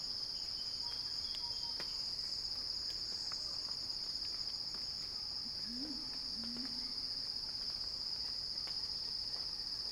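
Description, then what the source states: Cicadas buzzing in one continuous high-pitched whine that never pauses, a couple of soft low sliding notes faintly behind. Cicada song rising in a crescendo.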